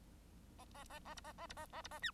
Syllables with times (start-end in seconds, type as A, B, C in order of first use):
0.58-0.65 A, 0.74-0.84 A, 0.89-0.99 A, 1.04-1.15 A, 1.16-1.21 B, 1.24-1.33 A, 1.37-1.47 A, 1.49-1.54 B, 1.56-1.66 A, 1.72-1.82 A, 1.83-1.88 B, 1.91-2.00 A, 2.02-2.11 C